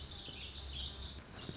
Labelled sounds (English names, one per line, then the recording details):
Lazuli Bunting
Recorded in Sonoma County, California